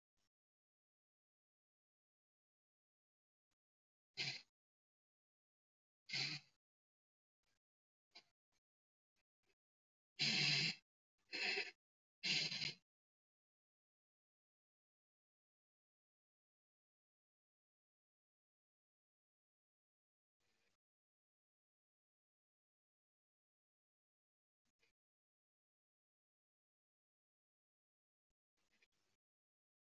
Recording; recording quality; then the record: shallow breathing; excellent, no background noise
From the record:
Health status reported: healthy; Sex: female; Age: 66 years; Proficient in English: yes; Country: India